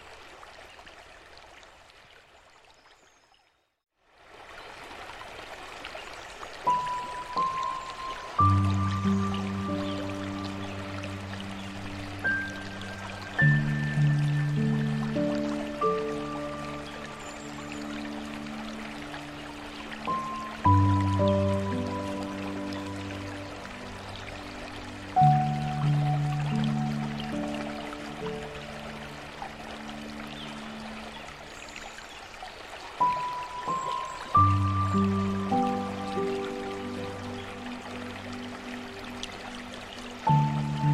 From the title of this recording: Piano Music And Water